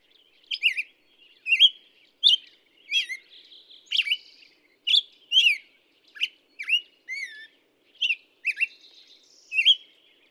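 Black-headed Grosbeak song: a sequence of whistled phrases, some dropping and some rising, with short breaks.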